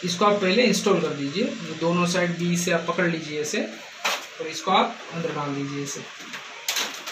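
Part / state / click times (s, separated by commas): paper path unit (part B) into a laser printer's jam-access area / seated / 6.7 s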